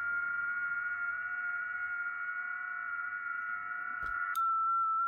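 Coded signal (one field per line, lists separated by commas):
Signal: FT8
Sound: several steady overlapping tones, then a click and one clear steady tone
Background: radio hiss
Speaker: there it goes it's TX in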